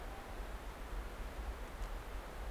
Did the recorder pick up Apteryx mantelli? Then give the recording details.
no. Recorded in New Zealand on 9 December 2013. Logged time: 23:28. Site DE65